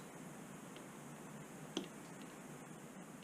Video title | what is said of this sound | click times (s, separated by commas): EMach Trigger Installation - Adjustable dual bearing trigger for Planet Eclipse eMek | feel it click. | 1.8 s